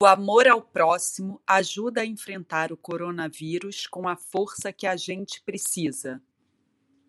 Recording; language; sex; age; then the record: spoken sentence; Brazilian Portuguese; female; 40 to 49 years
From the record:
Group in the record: control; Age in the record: 43 years